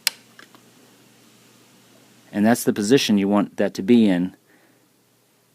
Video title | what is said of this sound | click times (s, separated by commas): Review of the GE Model 7-4410C Flip Clock | until it kind of snaps into place | 0.1 s